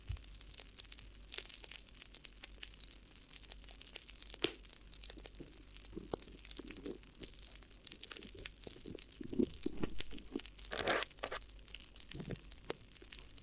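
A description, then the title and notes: Crinkly ear massage sounds: dense, irregular crinkling and crunching that never settles into a steady rhythm. Sharp bright crackles come in quick clusters, with a few louder crunches around 4, 9 to 11 and 12 seconds over a soft hiss. ASMR Addictive Crinkly Ear Massage (No Talking).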